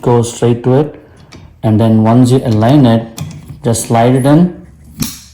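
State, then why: Seated. Someone talks while a new windshield wiper blade is aligned and slid onto the wiper arm hook of a 2021 Mazda CX-5. A sharp click at 5.0 s marks the blade locking into place, showing it is seated and fitted.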